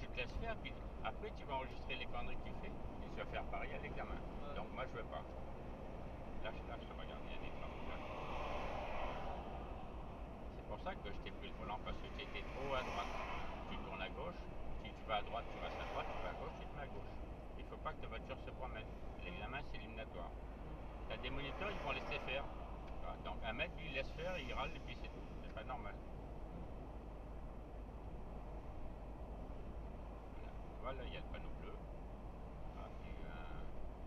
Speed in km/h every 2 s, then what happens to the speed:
87, 90, 91, 89, 86, 84, 82, 80, 79, 79, 79, 79, 79, 79, 79, 79, 79.
0-5 steady at about 90. 5-16 slows to 79. 16-34 steady at about 79.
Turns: none.